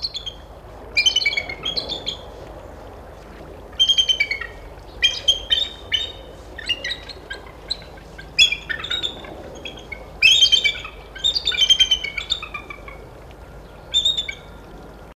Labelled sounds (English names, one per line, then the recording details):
Bald Eagle call
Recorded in captivity
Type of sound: call
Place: Zoo Frankfurt, Hessen, DE
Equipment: Halbspur, 9,5 cm/s
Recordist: Lütgens, Hans
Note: Rufe eines Paares